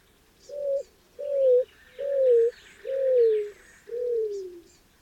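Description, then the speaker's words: Greater roadrunner song: five low, mournful coos, the later ones sliding downward in pitch, roughly one per second, with faint high chirps of another bird behind. Low mournful coos descending in pitch, sounding dove-like, from a thick patch of mesquite and creosote bushes near an abandoned ranch, in the morning in Big Bend. "it's not a dove. It's the mournful song of a greater roadrunner, sounding off from a patch of mesquite and creosote bushes."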